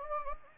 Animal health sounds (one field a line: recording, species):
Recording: mosquito wingbeat signal from an infrared sensor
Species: Anopheles gambiae